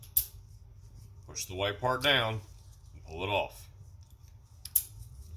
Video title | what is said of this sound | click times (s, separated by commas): Quick disconnect issues / how to use them. | Push it in all the way till it clicks. | 0.2 s